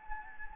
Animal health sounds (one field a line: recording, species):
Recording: mosquito wingbeat signal from an infrared sensor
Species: Anopheles gambiae